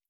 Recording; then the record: hydrophone in a shrimp aquaculture tank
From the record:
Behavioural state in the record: stressed